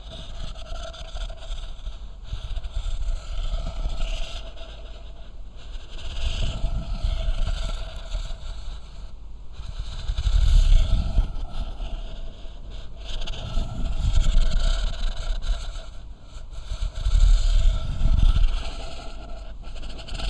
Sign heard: Terrible Snore.